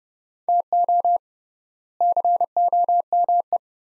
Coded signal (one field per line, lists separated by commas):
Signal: Morse code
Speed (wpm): 30 wpm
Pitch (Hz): 700 Hz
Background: none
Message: TO COME